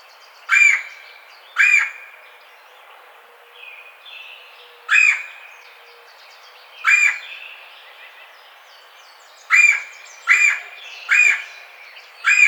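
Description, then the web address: Red-bellied woodpecker calling with brief, harsh churr notes, scattered at first then quickly repeated near the end, with quiet background birdsong. Recorded 4 May 2009. "sounds birds Red-bellied Woodpecker 2009 05 04 Red-bellied Woodpecker 01"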